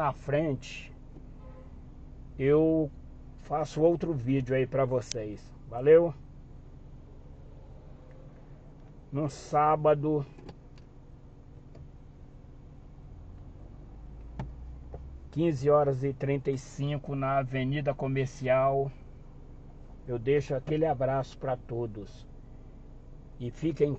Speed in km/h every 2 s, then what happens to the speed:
0, 0, 0, 0, 0, 0, 0, 0, 0, 0, 0, 0.
0-24 standing.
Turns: none.